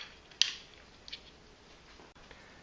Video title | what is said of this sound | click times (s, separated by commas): Review: K&F Concept VA3+BV20 fluid head 75" tall tripod $190 | and to put it back in you put down and snap in place | 0.4 s